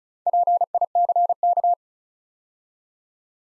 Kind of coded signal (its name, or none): Morse code